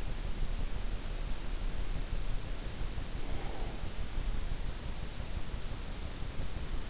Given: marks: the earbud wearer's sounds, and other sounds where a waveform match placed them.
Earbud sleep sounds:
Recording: sounds in sleep by an in-ear microphone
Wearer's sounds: breath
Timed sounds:
2.76-4.30 s: breath

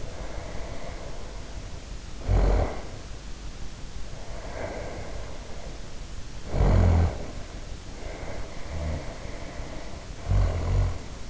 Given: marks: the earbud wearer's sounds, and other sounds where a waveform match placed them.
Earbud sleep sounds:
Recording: sounds in sleep by an in-ear microphone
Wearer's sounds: snoring breath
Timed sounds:
0.00-2.98 s: snoring breath
4.02-7.50 s: snoring breath
7.95-11.30 s: snoring breath

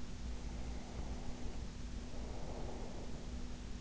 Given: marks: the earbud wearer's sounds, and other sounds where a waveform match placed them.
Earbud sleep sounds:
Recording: sounds in sleep by an in-ear microphone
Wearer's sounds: breath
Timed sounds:
0.32-3.46 s: breath

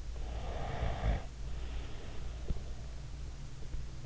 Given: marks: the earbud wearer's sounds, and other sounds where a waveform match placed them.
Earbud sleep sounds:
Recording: sounds in sleep by an in-ear microphone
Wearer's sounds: breath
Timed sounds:
0.38-3.06 s: breath

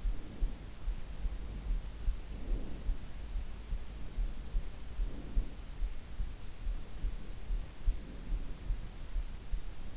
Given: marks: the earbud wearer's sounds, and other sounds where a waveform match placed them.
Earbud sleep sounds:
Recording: sounds in sleep by an in-ear microphone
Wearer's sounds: breath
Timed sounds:
0.00-0.65 s: breath
2.34-3.14 s: breath
4.07-5.54 s: breath

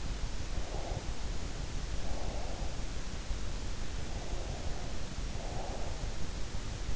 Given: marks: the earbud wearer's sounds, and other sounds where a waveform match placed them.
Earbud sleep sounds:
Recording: sounds in sleep by an in-ear microphone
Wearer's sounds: breath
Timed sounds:
0.55-2.85 s: breath
4.14-6.28 s: breath

